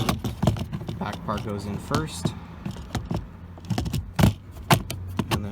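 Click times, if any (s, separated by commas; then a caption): 4.7 s, 4.9 s, 5.2 s. Someone talks while a window trim piece for a 2013-2015 Honda Civic is lined up on the door and pressed down. Its plastic clips engage with sharp clicks at 4.7, 4.9 and 5.2 seconds, and the trim piece is seated in place.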